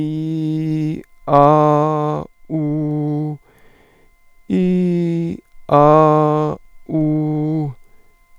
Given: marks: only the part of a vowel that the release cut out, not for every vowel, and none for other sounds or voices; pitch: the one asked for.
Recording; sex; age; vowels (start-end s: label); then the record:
sustained vowels; male; 40 to 49 years
0.00-0.89 s: vowel /i/, normal pitch
1.47-2.11 s: vowel /a/, normal pitch
2.55-3.26 s: vowel /u/, normal pitch
4.55-5.26 s: vowel /i/, high pitch
5.79-6.45 s: vowel /a/, high pitch
6.95-7.61 s: vowel /u/, high pitch
From the record:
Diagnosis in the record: hyperfunctional dysphonia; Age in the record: 48 years